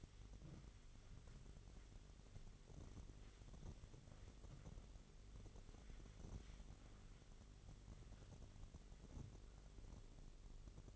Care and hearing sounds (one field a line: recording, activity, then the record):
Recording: daily activity, microphone in the room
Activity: wipe stove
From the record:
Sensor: 4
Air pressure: 1004.0 hPa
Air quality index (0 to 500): 158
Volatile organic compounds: 2 ppm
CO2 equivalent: 1122 ppm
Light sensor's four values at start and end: 12/29/12/13 and 12/28/12/13